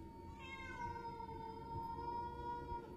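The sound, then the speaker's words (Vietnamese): A stray cat calling to its group on a dark, moonless night lets out a long, drawn-out yowl, its wavering high-pitched cry sustained for about three seconds over a low background rumble, with no one speaking. “Thỉnh thoảng chỉ nghe đâu đây vọng lại tiếng con mèo hoang nó kêu gọi đàn, nghe thê thiết.”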